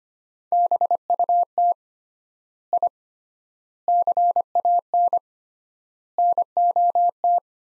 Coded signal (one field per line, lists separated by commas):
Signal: Morse code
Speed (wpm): 25 wpm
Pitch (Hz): 700 Hz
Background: none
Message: BUT I CAN NOT